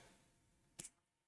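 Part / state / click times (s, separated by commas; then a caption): plastic brick piece into model / seated / 0.8 s. A plastic brick piece is pressed into place on a model and seats with a sharp, bright click at 0.8 s, with a second smaller snap right after. The rest of the clip is a faint, steady background hiss.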